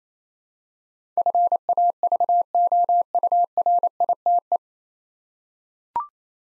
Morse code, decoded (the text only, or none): FAVOURITE